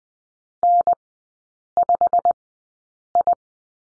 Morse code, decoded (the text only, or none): N5I